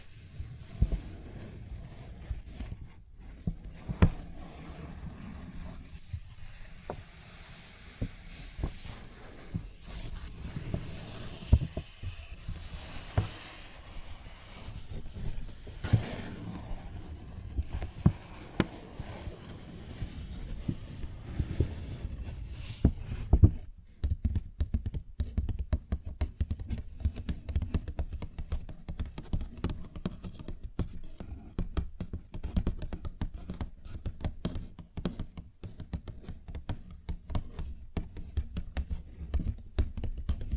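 A paper bag is tapped and scratched in a steady stream of small, dry, crackly clicks and rustles. The first half adds a soft, brighter hiss to the scratching; after about 24 seconds it turns into quicker, sharper taps with little else around them.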